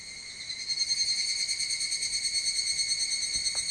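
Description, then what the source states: Evening cicada song, a loud ringing trill pulsing rapidly and evenly in bright high bands, with a faint soft tap late on. Recorded 25 July 2022.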